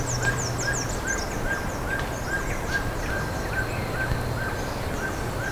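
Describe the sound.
Birds give rapid, thin downward chirps in bursts, while a softer note repeats roughly twice a second; steady hum and hiss underneath.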